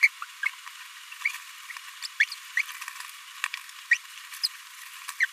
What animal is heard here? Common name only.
Green-rumped Parrotlet